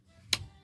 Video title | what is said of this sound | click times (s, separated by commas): Ремонт Komplete Kontrol S88 mk2 | Вот так, раз, вставили и дожимаем до щелчка. | 0.3 s